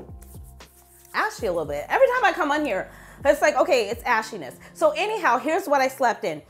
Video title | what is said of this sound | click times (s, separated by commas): PERFUMES FOR WOMEN - PERFUME TRAY 2023 | hold on you got to put it back in and it just clicks back in | 0.2 s